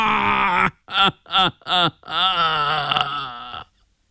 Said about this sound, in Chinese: 他突然捶胸顿足，啼嚎起来，滂沱的哭声跟念大悲咒似的，咒得大家心血凝固，神经大战。